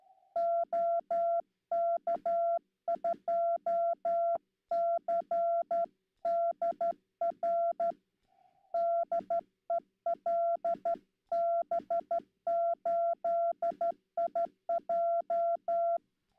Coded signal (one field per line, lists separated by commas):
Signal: Morse code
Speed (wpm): 12 wpm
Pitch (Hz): 680 Hz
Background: none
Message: OK2CDR DE LB8IJ